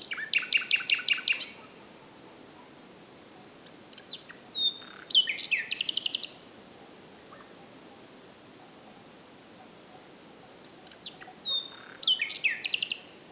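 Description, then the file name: Common nightingale singing three phrases of rapid, rattling repeated notes mixed with brief whistles, spaced by quiet gaps of a few seconds. "Luscinia megarhynchos"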